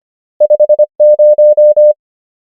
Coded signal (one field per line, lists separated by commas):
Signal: Morse code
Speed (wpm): 25 wpm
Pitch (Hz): 600 Hz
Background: none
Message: 5 0